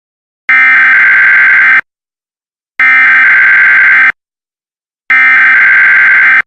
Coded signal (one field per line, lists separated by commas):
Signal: Emergency Alert System (SAME) tones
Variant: header bursts